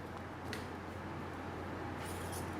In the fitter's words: Yeah, you can hear the the click.